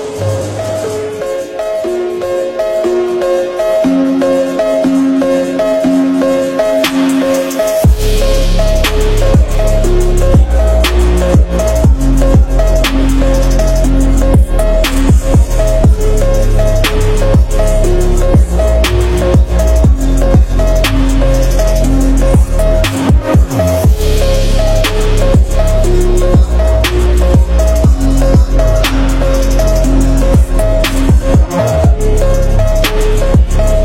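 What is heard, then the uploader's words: Someone plays with a large balloon in a museum. The first eight seconds are quieter, with a few steady ringing tones. Then a loud, deep booming rumble takes over and holds to the end, with steady pitched hums and frequent sharp taps and thumps. Playing with this incredible Balloon in the Interactive Museum of Maloka in Bogota.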